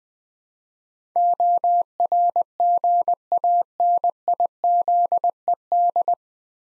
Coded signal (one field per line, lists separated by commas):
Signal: Morse code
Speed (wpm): 20 wpm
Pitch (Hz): 700 Hz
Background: none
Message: ORGANIZED